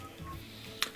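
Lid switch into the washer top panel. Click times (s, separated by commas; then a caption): 0.8 s. A plastic lid switch on a GE washer is pushed back, then pressed down on top and clicks into place in the washer's top panel. A single sharp click is heard at 0.8 s over soft background music. The switch is seated.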